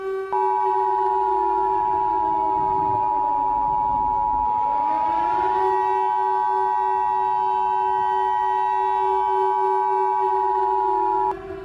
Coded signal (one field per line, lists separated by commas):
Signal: Emergency Alert System (SAME) tones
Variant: 853 and 960 Hz attention tone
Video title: Eas mock#3:global thermonuclear war